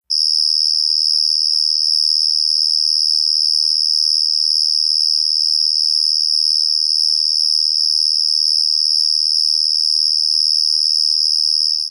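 Cricket singing, a steady high continuous trill running unbroken throughout, with a fainter higher band above it.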